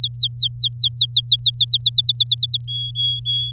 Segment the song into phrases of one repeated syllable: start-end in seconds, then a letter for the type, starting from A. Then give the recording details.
0.00-1.50 A, 1.54-2.65 B, 2.68-3.51 C. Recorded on 7 May 2018 at 16:51. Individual llb16